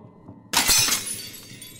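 A glass mirror is slammed onto the floor: a loud, sudden smash of glass breaking, a bright crash followed by a brief spray of tinkling shards that fades out quickly.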